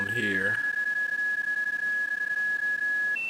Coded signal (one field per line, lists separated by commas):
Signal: PSK31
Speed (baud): 31.25 baud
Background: speech